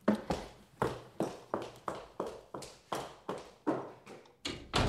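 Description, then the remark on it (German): A brisk run of about a dozen footsteps, sharp, evenly spaced taps with short decaying tails, as a woman hurries out of a room, ending on a slightly heavier knock as Lord Henry closes the door behind her. No voices. “Lord Henry schloss die Tür hinter ihr, als sie, wie ein Paradiesvogel, der die ganze Nacht draußen im Regen gehockt hat, aus dem Zimmer schoss, einen feinen Duft nach Frangipan zurücklassend.”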